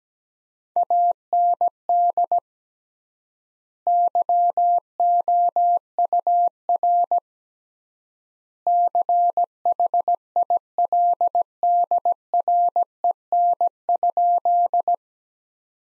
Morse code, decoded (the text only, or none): AND YOUR CHILDREN?